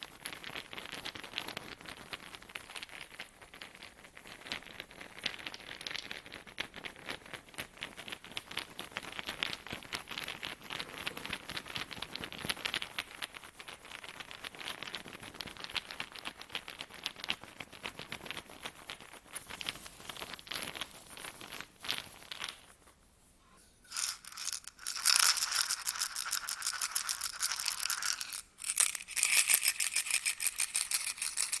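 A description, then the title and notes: Rapid shaking fills the first twenty-two seconds, a dense rattling patter of many small hits. After a brief near-silent pause around twenty-three seconds, a louder, brighter and rougher shaking takes over, dipping briefly near twenty-eight seconds before continuing. ASMR Sounds of shaking (NO TALKING).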